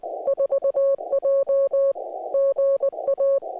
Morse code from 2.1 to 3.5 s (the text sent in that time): GA